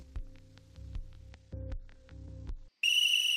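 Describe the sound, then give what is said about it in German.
A rhythmic, low throbbing pulse stops abruptly, then a loud, piercing whistle from a telescreen cuts in: one steady, high, unbroken tone that holds to the end, sounding at 7:15 as the signal to get up. “Vom Teleschirm kam ein ohrenzerreißendes Pfeifen. Ein langer Dauerton.”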